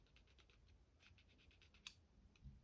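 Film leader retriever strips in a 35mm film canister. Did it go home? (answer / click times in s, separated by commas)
yes / 1.9 s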